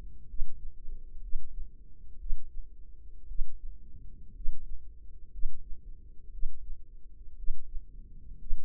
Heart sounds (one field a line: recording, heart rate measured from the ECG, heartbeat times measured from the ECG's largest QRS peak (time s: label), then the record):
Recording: heart sounds by microphone in the left ear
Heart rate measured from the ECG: 59 bpm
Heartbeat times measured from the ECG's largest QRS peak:
0.26 s: heartbeat
1.20 s: heartbeat
2.17 s: heartbeat
3.26 s: heartbeat
4.32 s: heartbeat
5.30 s: heartbeat
6.30 s: heartbeat
7.35 s: heartbeat
8.37 s: heartbeat
From the record:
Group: healthy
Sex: female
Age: 36 years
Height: 163 cm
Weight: 88 kg